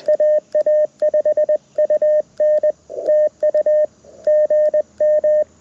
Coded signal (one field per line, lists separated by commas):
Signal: Morse code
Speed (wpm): 20 wpm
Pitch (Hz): 610 Hz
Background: none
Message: AA5UN TU GM